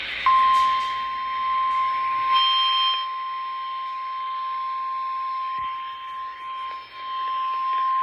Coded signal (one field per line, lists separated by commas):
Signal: Emergency Alert System (SAME) tones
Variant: 1050 Hz attention tone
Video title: SVR | EAS #931